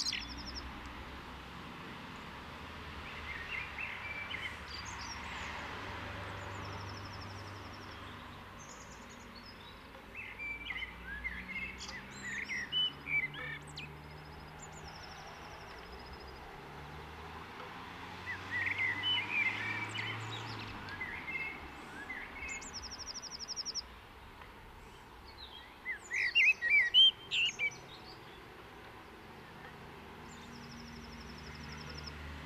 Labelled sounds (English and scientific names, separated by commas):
Common Blackbird (Turdus merula) song